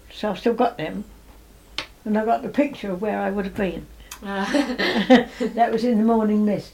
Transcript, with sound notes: So I've still got them. And I've got the picture of where I would've been!
Ah! [laughs]
That was in the morning mists.